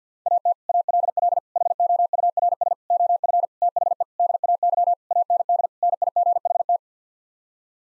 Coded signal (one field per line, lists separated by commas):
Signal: Morse code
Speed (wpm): 50 wpm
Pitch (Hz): 700 Hz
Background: none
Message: AT ALL HOURS OF THE DAY AND NIGHT